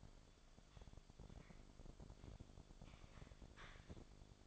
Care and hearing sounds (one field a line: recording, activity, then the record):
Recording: daily activity, microphone in the room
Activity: typing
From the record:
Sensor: 5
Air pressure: 1004.6 hPa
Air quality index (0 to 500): 168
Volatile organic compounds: 4 ppm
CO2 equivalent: 1578 ppm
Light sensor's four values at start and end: 18/42/17/15 and 18/42/17/15